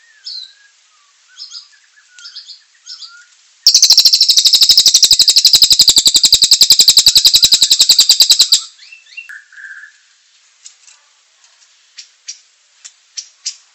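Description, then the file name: Bird calling: scattered short chirps, then a loud, dry, rapid buzzing rattle lasting about five seconds, followed by more sharp chirps and a brief whistled note. "suara cililin"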